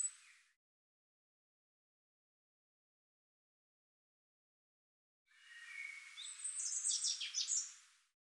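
European robin song: a brief high note at the start, a long pause, then a phrase opening with thin whistles and breaking into rapid, sharp, high twitters.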